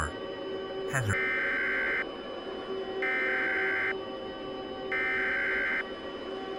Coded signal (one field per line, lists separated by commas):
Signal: Emergency Alert System (SAME) tones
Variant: header bursts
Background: speech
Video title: EF-NIGHTMARE (A Tornado Outbreak EAS Scenario)